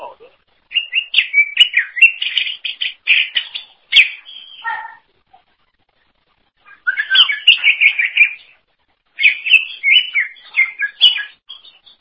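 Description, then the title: Greater green leafbird song of lively mixed whistles and chatters in three long bursts, with a couple of lower fluty notes closing the first. "Cucak ijo"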